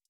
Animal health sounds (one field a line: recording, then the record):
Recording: hydrophone in a shrimp aquaculture tank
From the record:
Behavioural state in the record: stressed